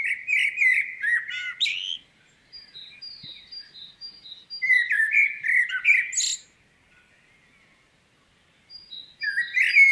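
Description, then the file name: Common blackbird singing two warbled phrases several seconds apart and the start of a third, low and flute-like with squeaky high endings; thin high notes of other birds fill the gaps. "Turdus merula"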